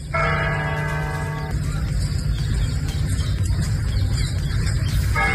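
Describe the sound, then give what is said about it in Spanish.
Church bells of the Giralda in Seville toll in mourning for the death of the Pope, their ringing tones rising and sustaining against a dense, steady wash of low noise, with a fresh bell strike returning near the end and no voices. “Son las campanas volteando a duelo en la Giralda de Sevilla y así sonaban en Jaén.”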